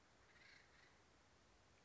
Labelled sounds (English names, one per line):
Acorn Woodpecker